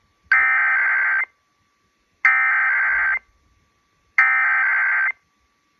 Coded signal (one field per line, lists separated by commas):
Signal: Emergency Alert System (SAME) tones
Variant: header bursts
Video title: [EAS #1456] KLLI 93.9 Automatic Weekly Test